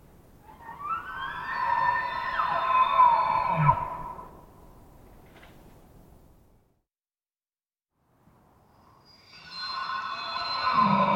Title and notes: Wild Elk - Elk Roars. male elk can seem like frightening beasts of the dark when letting out their full-throated chesty roars, multiple herds surround campsite in early morning hours, Recorded in the Beautiful Pacific Northwest in Washington, Untied States